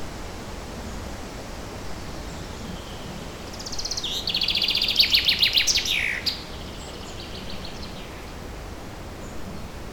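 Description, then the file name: Bird song: a single energetic phrase of fast trilled notes midway, closing with a falling flourish, amid quiet forest hiss. Forest setting. "Forest Ambient With A Birdsong"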